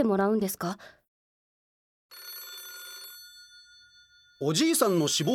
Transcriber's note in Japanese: 電話のベル音、ひっきりなしに